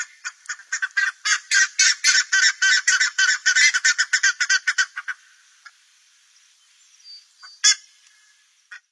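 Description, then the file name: Buff-necked ibis calling in a rapid run of harsh, clanging honks, more than twenty notes in five seconds, then quiet with a few scattered later notes. "canto da curicaca"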